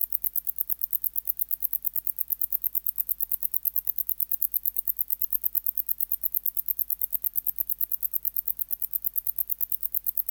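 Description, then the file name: Wart-biter bush-cricket song, sharp metallic ticks repeated quickly and steadily for the whole stretch, with a soft low-frequency hum in the background. "Decticus verrucivorus"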